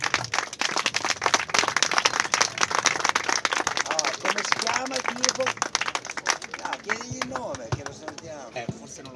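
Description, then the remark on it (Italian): An audience claps for a speaker in a dense, steady burst of applause that lasts around nine seconds, with a few voices calling out and talking over the clapping. “Qualcuno intanto gli faccio un applauso per quello che ha appena detto, facciamogli sentire.”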